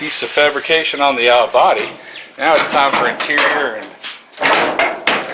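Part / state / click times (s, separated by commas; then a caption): car hood latch into its striker / seated / 5.1 s. Someone talks as the hood of a 1948 Ford body mounted on a Ford Ranger frame is closed. The steel hood latch catches in its striker with a loud clunk at 5.1 s, and the hood is locked.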